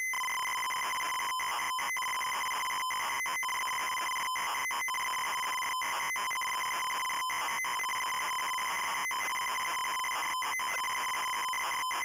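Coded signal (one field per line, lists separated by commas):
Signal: ZX Spectrum tape loading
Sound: continuous harsh, raspy buzzing data tones with brief dropouts and strong overtones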